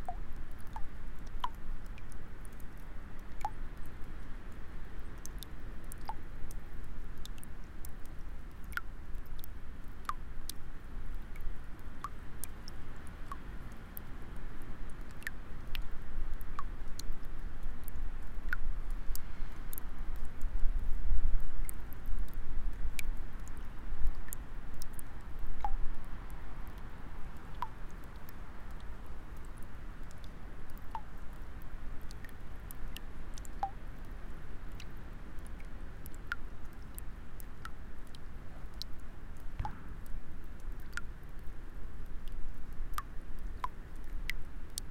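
Water drips outdoors on a cold winter day, small sharp taps landing irregularly, roughly one every second or two, some bright, others softer. Beneath them runs a steady low rumble that swells slightly around the middle.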